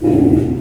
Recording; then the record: squeal of a Yucatan mini pig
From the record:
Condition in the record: before surgery on the right vocal fold (resection and tissue-engineered implant); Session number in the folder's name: 1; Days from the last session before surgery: -21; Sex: female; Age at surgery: 19 weeks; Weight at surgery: 25 kg